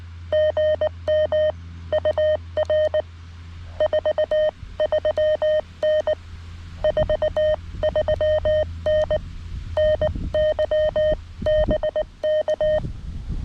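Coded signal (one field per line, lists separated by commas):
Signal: Morse code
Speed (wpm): 18 wpm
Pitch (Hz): 620 Hz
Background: none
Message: GM UR 43N 43N NY BK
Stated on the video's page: QRP CW Parks on the Air activation from a state forest using a lightweight field kit, with hunters calling.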